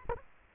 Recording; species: mosquito wingbeat signal from an infrared sensor; Aedes aegypti